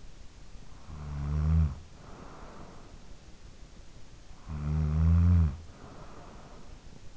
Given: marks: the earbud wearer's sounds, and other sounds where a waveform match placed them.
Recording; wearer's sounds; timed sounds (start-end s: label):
sounds in sleep by an in-ear microphone; snoring breath
0.53-3.16 s: snoring breath
4.00-7.17 s: snoring breath